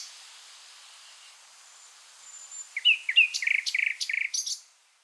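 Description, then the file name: Common nightingale song: after a quiet start, a loud phrase of sharp notes followed by rapid repeated buzzy, throaty chirps, ending abruptly. "Luscinia megarhynchos"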